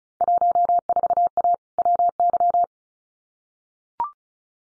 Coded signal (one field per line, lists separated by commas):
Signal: Morse code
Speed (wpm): 34 wpm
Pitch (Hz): 700 Hz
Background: none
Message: 14A WY